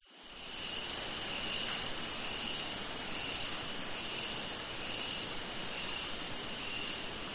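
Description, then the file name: Cicadas give a steady, shrill, high-pitched drone that swells in at the start and then holds unbroken. In a summer forest in Australia. "zapsplat nature forest amb summer insects cicada flies australia"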